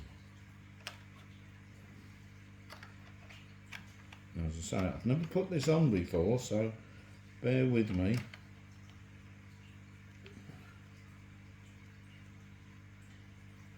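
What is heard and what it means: A Megadap Sony-to-Z-mount lens mount adapter is handled against the lens mount of a Nikon Zf mirrorless camera body, being fitted for the first time, with a few small sharp handling ticks near 0.9, 2.8, 3.8, 4.1 and 10.3 s over a quiet background. Someone talks from about 4.4 to 8.2 s. The clip ends before the adapter goes home, so nothing has seated or clicked yet.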